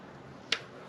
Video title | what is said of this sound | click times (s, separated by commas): Toyota Camry Tune up 2012-2017 / 2009-2011 2ARFE 2.5L (Spark Plugs . Air Filter , MAF) - Full guide | until i hear an audible click | 0.5 s